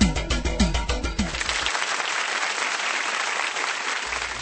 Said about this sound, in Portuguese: Muito bem, aplausos, aplausos para o nosso amigo